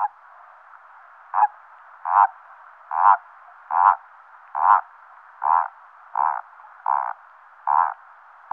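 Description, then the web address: Common toad giving rhythmic, grating croaks, each a brief pulsed burst, repeated roughly every 0.8 seconds against a soft continuous hiss. Wetland habitat. "Sissonne. Crapaud commun"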